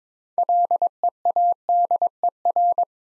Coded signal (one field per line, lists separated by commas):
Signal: Morse code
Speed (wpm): 22 wpm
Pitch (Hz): 700 Hz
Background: none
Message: LEADER